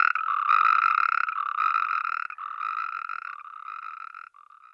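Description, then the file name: Natterjack toad calling, loud rattling trills about a second long, repeated back to back with brief gaps, gradually weakening toward the end. "Bufo Calamita"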